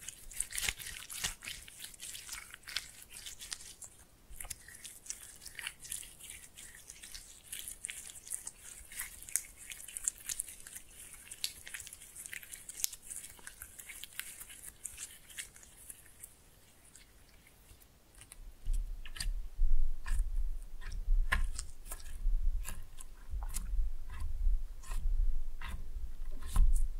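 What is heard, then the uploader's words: Slime being played with makes soft, sticky crackles and squelches, busy and bright at first, then from about 18 seconds louder, with deeper wet squishing. ASMR Fun with Slime No Talking.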